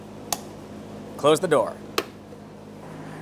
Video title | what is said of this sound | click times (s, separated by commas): How to Replace Fuel Tank Filler Neck 1994-1997 Honda Accord | reinstall your fuel cap we'll take this and turn it clockwise until you hear a click | 0.3 s